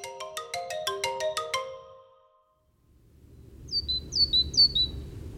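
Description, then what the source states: Great tit calls: a quick run of three sharp, high, downslurred two-note phrases, preceded by a separate electronic ringing tone and a brief silence, with low background rumble. Small songbird found all over the world.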